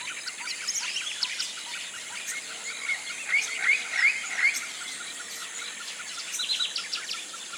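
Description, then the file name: Birds chirping in a busy chorus, with a run of four quick rising whistles in the middle and scattered high notes, over a constant high hiss. Tropical rainforest at morning; flocks of birds rousing in the canopy. "articulated TROPICAL Rainforest morning rousing flocks of birds"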